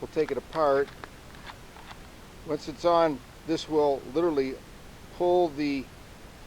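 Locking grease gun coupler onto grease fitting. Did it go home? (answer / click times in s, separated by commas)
no / none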